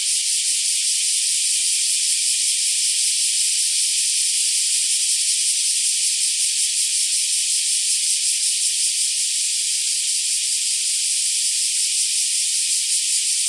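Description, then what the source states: Black cicadas giving a constant high, sizzling buzz, loudness steady across the whole stretch. More than one black cicada.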